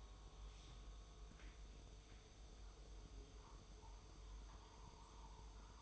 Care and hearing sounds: daily activity, microphone in the room; make coffee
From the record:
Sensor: 1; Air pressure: 995.1 hPa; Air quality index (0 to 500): 34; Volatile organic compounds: 1 ppm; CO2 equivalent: 610 ppm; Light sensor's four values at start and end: 16/55/20/22 and 15/52/19/20

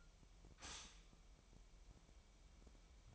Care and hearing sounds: daily activity, microphone in the room; stop toaster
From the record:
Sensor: 1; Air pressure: 1002.0 hPa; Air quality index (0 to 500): 242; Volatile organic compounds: 46 ppm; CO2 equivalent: 3242 ppm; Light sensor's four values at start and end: 10/34/12/14 and 10/34/12/14

